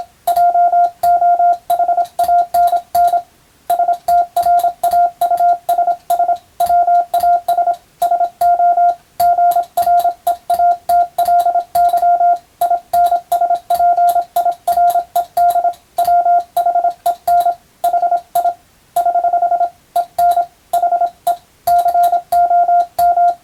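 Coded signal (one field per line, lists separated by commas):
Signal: Morse code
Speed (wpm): 27 wpm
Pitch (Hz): 700 Hz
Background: radio noise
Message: JOHANN STRAUSS WAS SO GREATLY INSPIRED WHEN HI <HH> EN HE COM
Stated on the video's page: Morse code practice sending European-language telegram text with a telegraph key, from a radiotelegraph practice book.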